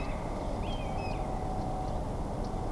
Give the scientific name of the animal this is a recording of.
Sylvia atricapilla